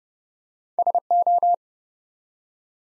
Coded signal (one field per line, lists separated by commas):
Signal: Morse code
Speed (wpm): 30 wpm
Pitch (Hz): 700 Hz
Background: none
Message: SO